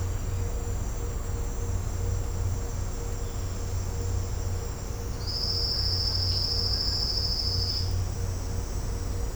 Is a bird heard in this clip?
no